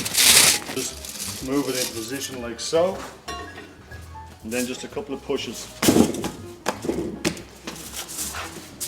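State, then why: Seated. A refractory wood-fired oven chamber section is slotted into position and given a couple of pushes until it interlocks with the neighbouring oven sections. Someone talks throughout, and amid a few short knocks the section locks in with a sharp click at about 7.2 seconds, seated.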